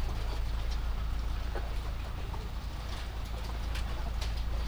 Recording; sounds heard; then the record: poultry house recording; healthy chickens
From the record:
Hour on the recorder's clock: 20